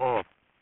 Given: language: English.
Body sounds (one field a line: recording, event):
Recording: throat vibration sensor signal played as sound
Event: speech